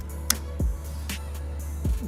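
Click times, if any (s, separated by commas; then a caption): 0.3 s. A 3157 LED replacement bulb is pushed into its plastic tail/turn-light socket and seats with one sharp, short click at 0.3 s. Background music with a steady beat plays throughout, and a softer tap is heard around 1.1 s.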